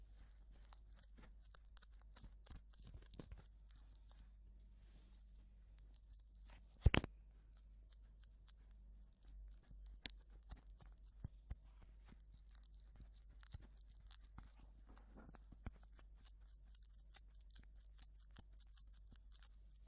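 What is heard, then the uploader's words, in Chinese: An ear massage, made of dense crackling, tapping and rustling touches that come in quick uneven bursts. A sharp loud pop lands near seven seconds, and the last few seconds turn brighter and more hissy. A steady low hum runs underneath throughout. 耳朵按摩特輯，無人聲。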